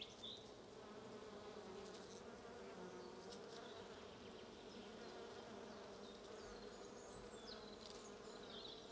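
Continuous bee buzzing, a dense low drone without breaks, with only scattered faint high chirps from birds.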